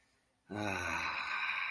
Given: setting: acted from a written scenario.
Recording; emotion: vocal sound without words; ecstasy